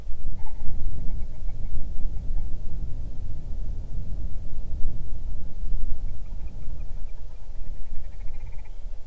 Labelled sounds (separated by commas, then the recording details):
grouse or ptarmigan, wind
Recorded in the Arctic National Wildlife Refuge, Alaska, on 8 June 2019 at 00:04
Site 40